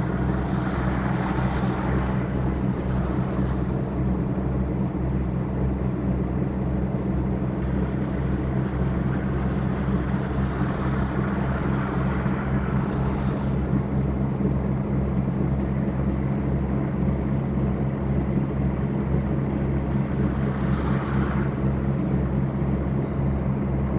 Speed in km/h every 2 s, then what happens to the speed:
81, 81, 81, 82, 83, 83, 84, 85, 85, 85, 85, 84.
0-24 steady at about 83.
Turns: none.